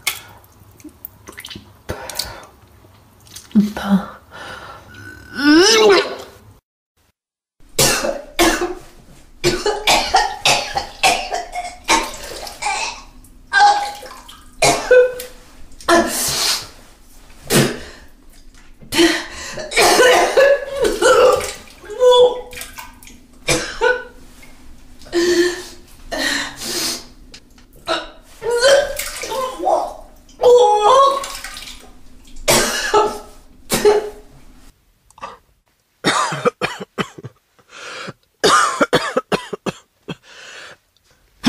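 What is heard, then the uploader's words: Vomiting sounds come in repeated bursts of retching, coughing and gargling splutters, separated by short pauses and one brief silence near seven seconds. Wet, liquid splashes mix with throaty heaves, and a low steady hum sits underneath through most of the recording. Vomitsounds.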